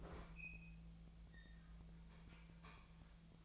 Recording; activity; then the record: daily activity, microphone in the room; open fridge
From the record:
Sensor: 1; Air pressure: 1009.7 hPa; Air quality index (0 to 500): 190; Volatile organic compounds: 18 ppm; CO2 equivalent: 2610 ppm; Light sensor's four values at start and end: 33/85/35/43 and 33/85/35/43